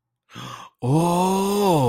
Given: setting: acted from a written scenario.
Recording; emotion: vocal sound without words; realization